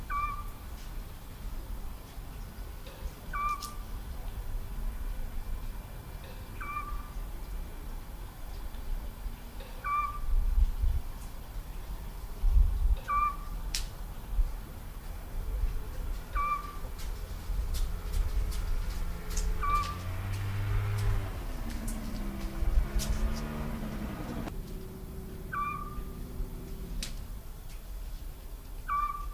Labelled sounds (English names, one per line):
Eurasian Scops Owl